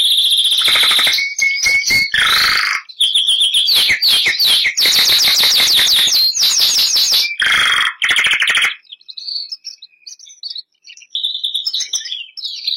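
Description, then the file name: Canary (Bernois): canary song of loud, rapid trills and buzzy rolls in quick succession for about nine seconds, then soft scattered twitters. Bernois canary breed. "canto do canario bernois"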